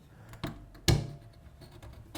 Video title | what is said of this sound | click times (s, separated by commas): P50 Quick Start Guide | pull back on the springs while pushing down on the bolt and lock it into place go ahead and close it up | 0.9 s